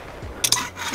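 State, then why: Seated. Plastic tent clips are snapped onto the frame poles of a cube tent. Two sharp clicks sound at 0.4 s and 0.5 s over a faint rubbing background as a clip seats on the pole, and all of them are then checked to be clicked in.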